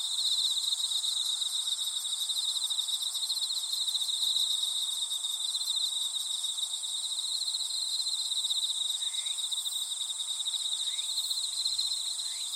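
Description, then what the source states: Insects calling in a dense, steady trill with a high ringing drone, plus a few faint chirps near the end. Insects calling in a grassy patch.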